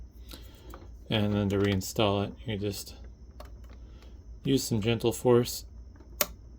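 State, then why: Seated. A locking power cable plug is pushed back into the power socket of an Epson TM-m30 M335A receipt printer with gentle force while someone talks, with faint handling taps in between. A sharp, loud click at 6.2 s marks its spring-loaded locking clips catching, and the connector is seated.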